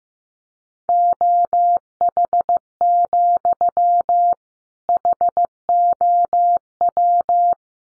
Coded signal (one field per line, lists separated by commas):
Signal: Morse code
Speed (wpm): 15 wpm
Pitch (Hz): 700 Hz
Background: none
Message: OH, HOW